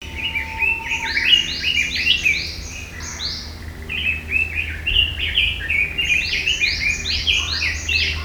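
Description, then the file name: Red-billed leiothrix singing a fast, rich warble of repeated rising notes in two long bursts, over a steady low hum. "sousityo"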